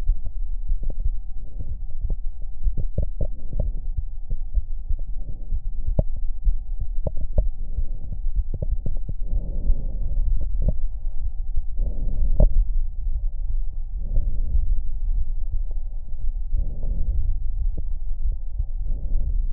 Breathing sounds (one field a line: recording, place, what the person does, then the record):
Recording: lung sounds by stethoscope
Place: left anterior apical chest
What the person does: quiet breathing, then deep breathing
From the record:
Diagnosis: interstitial lung disease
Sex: female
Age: 60 years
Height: 154 cm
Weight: 68.1 kg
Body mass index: 28.7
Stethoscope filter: extended mode